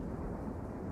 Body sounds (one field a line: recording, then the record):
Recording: background sound without coughing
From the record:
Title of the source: Train Ride Ambience ambient white noise for sleeping, focus, studying, reading